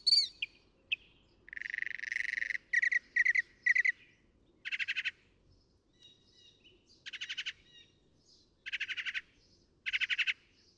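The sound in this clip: Northern mockingbird song: a mix of sharp notes, a harsh buzz, and repeated raspy rattling phrases with short gaps over light background hiss.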